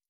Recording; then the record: hydrophone in a shrimp aquaculture tank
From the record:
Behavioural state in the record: stressed